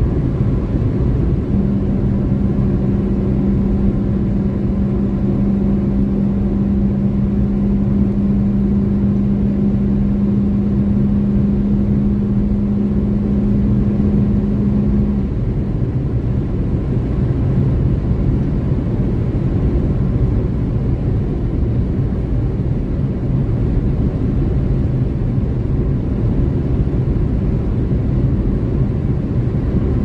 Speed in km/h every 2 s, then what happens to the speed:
152, 153, 154, 156, 155, 158, 159, 160, 159, 159, 159, 158, 158, 158, 157.
0-30 steady at about 158.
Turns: none.